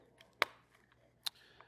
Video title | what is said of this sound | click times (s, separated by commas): etrailer - Installing the Yakima BaseLine Roof Rack on a 2025 Toyota Tacoma | This is going to install right onto this little bar right here by just compressing it down until it snaps in. | 0.4 s